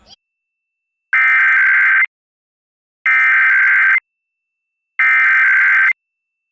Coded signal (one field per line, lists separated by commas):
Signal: Emergency Alert System (SAME) tones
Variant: header bursts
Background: speech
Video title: EAS During Let's Go Luna (12-8-22 WMPB-DT3)